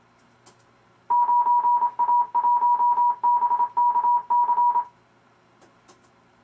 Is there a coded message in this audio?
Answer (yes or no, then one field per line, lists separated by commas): yes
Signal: Morse code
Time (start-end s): 1.1-4.8 s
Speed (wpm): 27 wpm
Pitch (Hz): 960 Hz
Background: none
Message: 9A1BKC